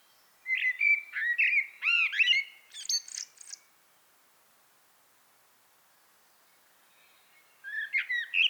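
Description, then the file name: Common blackbird song: a three-second phrase of low, fluting whistles ending in high, squeaky twitters, then silence before a second phrase begins near the end. "Turdus merula"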